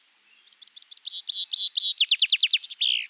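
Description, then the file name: Common chaffinch song, a high rapid series of repeated notes speeding into a descending trill, ending with a short flourish. Recorded at Malmedy on 8 June 2014. "Fringilla coelebs Malmedy 08 juin 2014"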